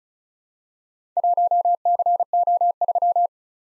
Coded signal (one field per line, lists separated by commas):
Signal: Morse code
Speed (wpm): 36 wpm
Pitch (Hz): 700 Hz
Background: none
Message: 1CO3